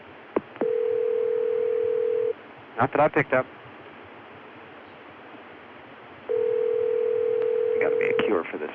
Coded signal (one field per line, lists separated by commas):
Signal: telephone call progress tone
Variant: North America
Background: speech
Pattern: ringback tone